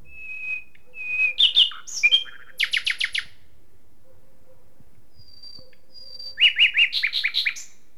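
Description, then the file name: Common nightingale singing varied phrases: steady whistles, rapid chirp series, then after a pause thin high whistles and a fast repeated rattle. "Luscinia megarhynchos"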